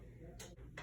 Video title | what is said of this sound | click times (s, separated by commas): Plum Ram 7 4G Official Tutorial and Overview (New Model) | until you hear the click lock | 0.8 s